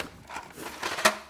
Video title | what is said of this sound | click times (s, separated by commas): 19 Truck Essentials I Actually Use | You drop it down, it naturally locks into place. | 1.1 s